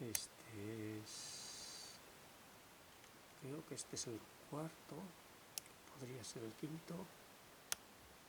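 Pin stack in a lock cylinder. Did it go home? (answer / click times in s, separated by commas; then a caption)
yes / 7.7 s. While a Dutch Lips cylinder lock is being picked, someone talks as work moves to the fourth or possibly fifth pin stack, with soft scraping clicks in the background. At 7.7 s a sharp click sounds as the pin, later confirmed as the fourth stack, sets at the shear line.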